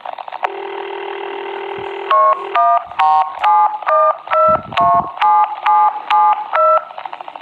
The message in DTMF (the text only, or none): 17 777